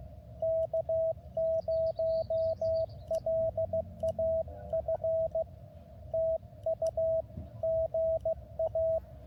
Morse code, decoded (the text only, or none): K0LAF TU GA